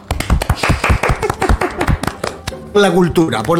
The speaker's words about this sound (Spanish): Aplausos.